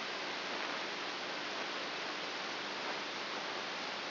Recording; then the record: brain microelectrode recording played as sound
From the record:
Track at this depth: inside the subthalamic nucleus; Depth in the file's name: 5.24 mm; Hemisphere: right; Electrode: 2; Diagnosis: Parkinson's disease